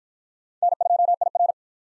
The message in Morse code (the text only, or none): N2IR